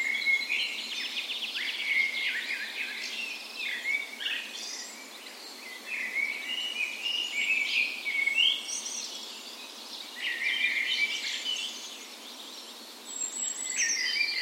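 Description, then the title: Birds in a dense dawn chorus, many overlapping whistled and trilled phrases with chirps and buzzy notes, swelling and easing in waves throughout. Spring dawn chorus recorded on the morning of 17 May, Norway's National Day, in a park west in Bergen, Norway; Sony PCM A10 recorder with LOM micro Usi microphones as tree ears. "17th Of May Dawn Chorus"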